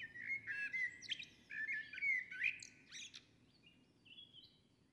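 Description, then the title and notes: Common nightingale: songbird warbling softly in a varied stream of scratchy notes and short whistles, over a steady low rumble. In a forest near Hoscheid, Luxembourg, on an early summer morning after a wet night as the sun rises; performs a kind of morning song. "hoscheid, forest, nightingale. Hoscheid - Waldmorgen. Inside the forest. recorded early on a summer morning. After a wet night the sun comes up and sparkles through the leaves of the trees. A nightingale performs a kind of morning song"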